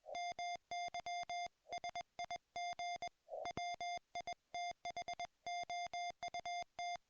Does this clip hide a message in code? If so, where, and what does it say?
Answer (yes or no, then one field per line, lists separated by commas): yes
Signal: Morse code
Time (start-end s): 0.1-7.0 s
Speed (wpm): 21 wpm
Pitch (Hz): 690 Hz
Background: music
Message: MY SIG WITHOUT